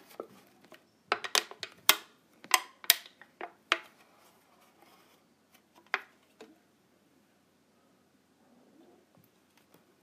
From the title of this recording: ASMR Clipping my Clips